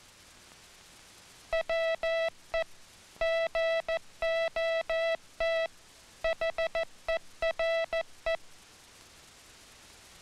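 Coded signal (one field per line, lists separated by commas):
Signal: Morse code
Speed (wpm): 14 wpm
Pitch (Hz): 660 Hz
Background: music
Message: WE GOT HERE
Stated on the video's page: Army Signal Corps training film on rhythmic hand sending of International Morse with a hand key.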